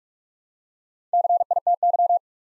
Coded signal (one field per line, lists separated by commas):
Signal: Morse code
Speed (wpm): 44 wpm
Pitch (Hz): 700 Hz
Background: none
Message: CITY